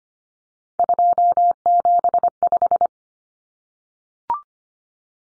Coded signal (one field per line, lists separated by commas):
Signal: Morse code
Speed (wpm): 25 wpm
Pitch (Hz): 700 Hz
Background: none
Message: 275